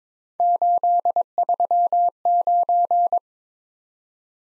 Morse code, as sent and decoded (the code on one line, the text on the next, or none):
---.. ...-- ----.
839